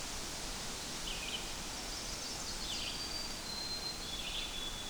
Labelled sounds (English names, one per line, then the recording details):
Red-eyed Vireo song
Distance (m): 60 m
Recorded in boreal forest in Alberta, Canada, on 8 June 2016 at 05:33
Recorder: SongMeter 3, array SBT-3-9
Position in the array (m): 70 m, 123 m